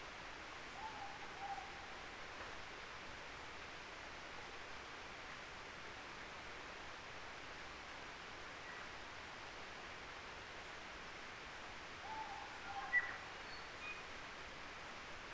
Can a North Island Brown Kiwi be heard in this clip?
no